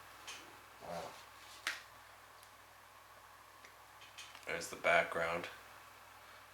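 A plastic Blu-ray case that has only one clasp is closed, and the clasp snaps into the case shell with a sharp click at 1.7 s, seating it shut. Someone talks before and after the snap, with louder speech near the end.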